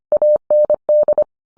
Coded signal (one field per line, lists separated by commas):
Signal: Morse code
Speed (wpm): 25 wpm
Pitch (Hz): 600 Hz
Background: none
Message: AND